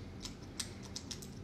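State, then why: Seated. A quick-release lock is pushed into a ball shift knob whose inner chamber has been ground down, until its throw member engages. A sharp click at 0.6 s marks the lock seating in the knob, followed by lighter mechanical ticks around 1.0, 1.1 and 1.2 s. The lock ends up locked into place.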